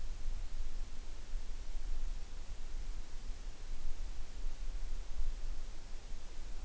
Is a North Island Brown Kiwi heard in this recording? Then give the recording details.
no. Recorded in New Zealand on 9 June 2014. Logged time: 02:19